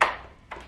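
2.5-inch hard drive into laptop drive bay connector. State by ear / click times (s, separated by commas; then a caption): seated / 0.0 s. A replacement 2.5-inch hard drive is slid gently into a laptop's drive bay until it seats in the SATA connector. A sharp, loud click lands at 0.0 s and decays over about a quarter second, followed by a quieter, softer knock around 0.5 s.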